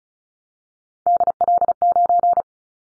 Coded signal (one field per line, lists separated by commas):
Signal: Morse code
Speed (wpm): 34 wpm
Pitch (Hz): 700 Hz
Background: none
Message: DL9